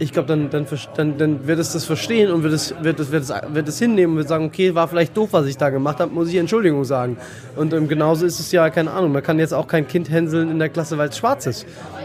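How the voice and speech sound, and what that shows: An adult man with Tourette syndrome, which brings occasional small tics, speaks German in quick, otherwise fluent conversation, with bursts of whole-word repetition: one short word four times in a row, and a two-word phrase repeated about four times. These repetitions fit the speech tics of Tourette syndrome.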